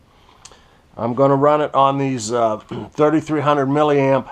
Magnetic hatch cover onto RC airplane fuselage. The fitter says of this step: here you can see inside there so it just snaps right in